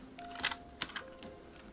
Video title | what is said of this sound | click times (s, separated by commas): Arrma Granite 3s refit part 2 | and you just line it up with the rails in there move the car back and forth till it snaps in place | 0.8 s